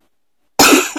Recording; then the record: coughing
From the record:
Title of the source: 64 coughing, allergies, singing lungs